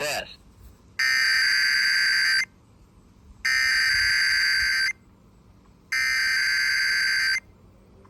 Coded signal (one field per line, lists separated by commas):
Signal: Emergency Alert System (SAME) tones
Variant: header bursts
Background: speech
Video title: KTJJ & KDBB Required Weekly Test. 9/1/25 EAS #486-487